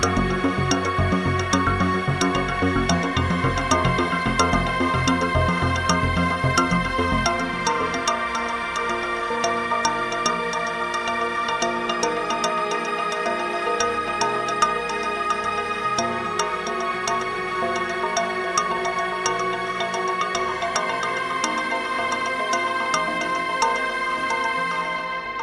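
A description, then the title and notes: Bells ring in a dense, continuous wash of overlapping tones, with many sustained ringing pitches layered together and frequent fresh strikes. For the first seven seconds a deep low hum sits underneath, then it thins out while the ringing carries on at a steady level. I created bell sounds in bitwig-studio using a short noise pulse and some resonator banks.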